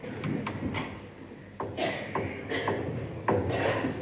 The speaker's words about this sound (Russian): Из двери на втором этаже медленно выходит Победоносиков, тихо притворяет дверь. Потом вкрадчиво стучит.